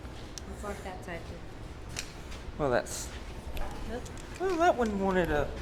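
A tripod is being set up before a poetry reading, and the last small section of one leg is extended and its lock closed. One sharp click at 0.4 s shows the lock snapping into place, then someone talks over faint background sounds. The tripod leg section is locked.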